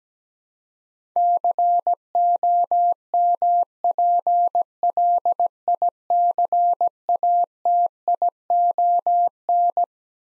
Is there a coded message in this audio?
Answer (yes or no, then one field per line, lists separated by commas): yes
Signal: Morse code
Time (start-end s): 1.2-9.8 s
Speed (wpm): 17 wpm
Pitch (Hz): 700 Hz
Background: none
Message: COMPLICATION